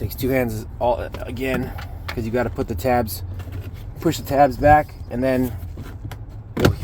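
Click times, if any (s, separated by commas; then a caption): 6.6 s, 6.7 s. A plastic cabin filter access door behind the glovebox area of a Ford Transit is pushed closed into the dashboard housing with both hands, its tabs pressed back while someone talks. It snaps into place with sharp clicks at 6.6 and 6.7 seconds, and the door is seated.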